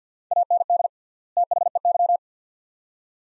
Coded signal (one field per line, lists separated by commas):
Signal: Morse code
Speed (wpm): 50 wpm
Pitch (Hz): 700 Hz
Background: none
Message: AND THEY